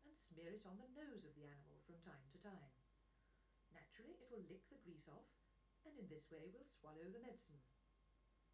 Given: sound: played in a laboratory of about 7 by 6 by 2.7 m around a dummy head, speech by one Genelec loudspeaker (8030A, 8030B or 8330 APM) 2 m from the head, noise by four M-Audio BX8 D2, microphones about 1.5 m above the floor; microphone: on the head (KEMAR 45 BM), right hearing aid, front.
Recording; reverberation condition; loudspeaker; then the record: female speech in English; low; 90 degrees to the left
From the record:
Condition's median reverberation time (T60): about 310 ms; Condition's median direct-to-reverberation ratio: about 3.5 dB